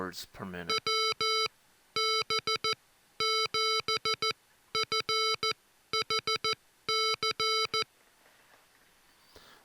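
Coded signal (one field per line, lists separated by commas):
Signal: Morse code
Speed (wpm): 15 wpm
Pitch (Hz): 3100 Hz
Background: speech, music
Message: WB7FHC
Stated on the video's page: Morse sent by a Mr. Rags Macro Keyer kit, demonstrating its modes and special features.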